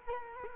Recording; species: mosquito wingbeat signal from an infrared sensor; Culex quinquefasciatus